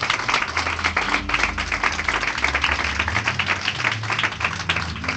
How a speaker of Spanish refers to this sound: Y por último, dele el aplauso al Señor si quiere hacerlo.